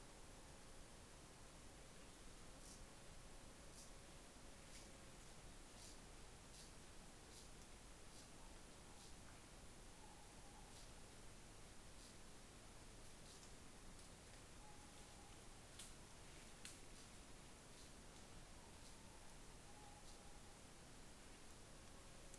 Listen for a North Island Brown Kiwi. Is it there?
no